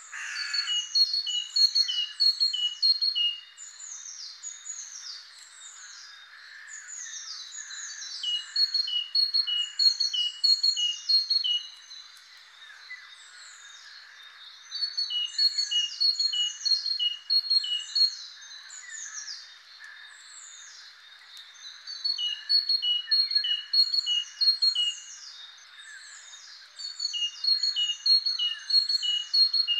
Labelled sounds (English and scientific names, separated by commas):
Great Tit (Parus major) song